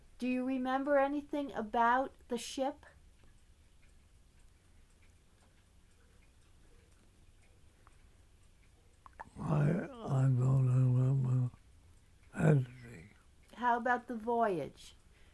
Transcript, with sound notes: do you remember anything about the ship?
[pause] I don't remember anything.
How about the voyage?